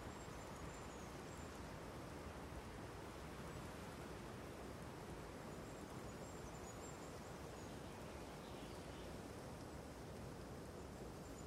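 Wind blows steadily outdoors on a spring day, a dense, even rush strongest in the lows, with faint high bird chirps now and then.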